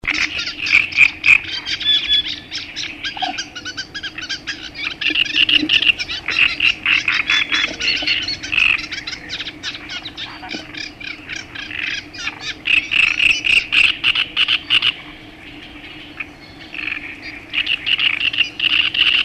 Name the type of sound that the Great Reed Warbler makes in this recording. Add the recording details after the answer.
song. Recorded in the wild. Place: Winden, AT. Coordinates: 47.9539, 16.7697. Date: 1972-05-02. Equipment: Uher Report 4200, AKG D190C in Doppel-Parabolreflektor. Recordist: Krey, Winfried